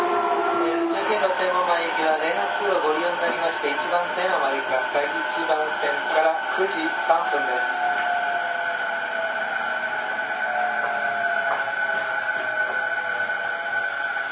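A Toei 10-300 series train in motion, its motor whine holding several steady tones that slowly slide in pitch over a constant rushing hiss. For the first eight seconds, busy rattles and clicks crowd the sound before it settles into a smoother drone.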